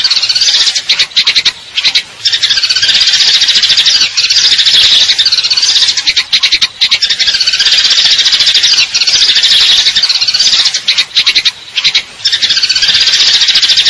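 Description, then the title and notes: Eurasian tree sparrow chirping in a dense, unbroken stream of high, rapid chirps and trills, with only a few brief pauses. Fighting call with long trills; clear sound, masteran training for contest birds. "GEREJA TARUNG NEMBAK PANJANG SUARA JERNIH MASTERAN BURUNG LOMBA. Burung Gereja"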